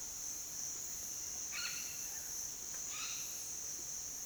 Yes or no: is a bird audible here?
yes